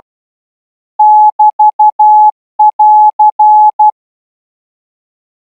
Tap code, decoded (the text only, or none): none